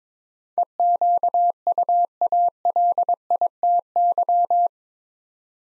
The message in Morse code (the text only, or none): EQUALITY